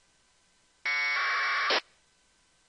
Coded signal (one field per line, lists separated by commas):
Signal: packet radio (AX.25, as in APRS)